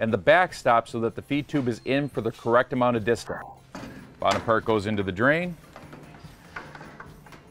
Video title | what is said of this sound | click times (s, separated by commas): Installing AprilAire Humidifier Models 400, 500, and 600 | water panel snaps into place | 6.6 s